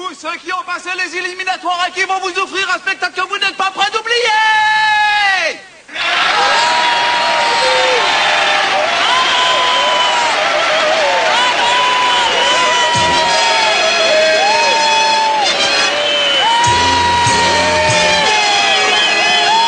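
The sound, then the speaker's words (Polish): A loud crowd at a martial arts tournament in Dragon Ball Z cheers and applauds without letup as the drawing of fighters' numbers and names begins, many voices shouting and whooping over the clapping; the noise drops out for a moment, then surges right back and keeps going. “Proszę o wielkie brawa.”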